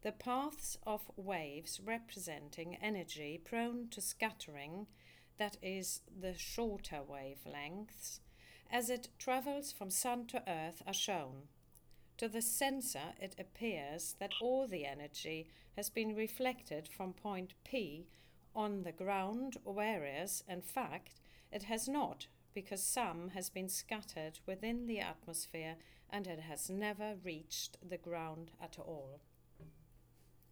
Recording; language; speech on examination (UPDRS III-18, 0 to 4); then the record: text read into a phone; English; 0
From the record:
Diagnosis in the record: healthy control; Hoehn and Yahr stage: 0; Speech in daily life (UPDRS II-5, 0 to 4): 0